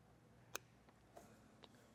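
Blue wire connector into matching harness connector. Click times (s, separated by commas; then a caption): 0.6 s. A blue wire connector from a Pop & Lock custom tailgate lock is pushed onto the blue wire of the matching harness connector on a 2021 Toyota Tacoma. A loud, sharp click at 0.6 s shows it seats, followed by a softer thud and a faint tick.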